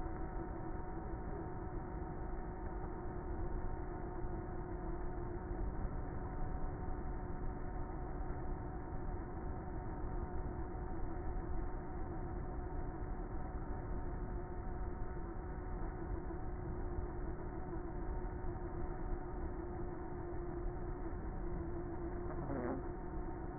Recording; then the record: honeybee colony, microphone inside the hive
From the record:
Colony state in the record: queenless with a low population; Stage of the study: before two queens were removed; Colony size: about 30,000 bees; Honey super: no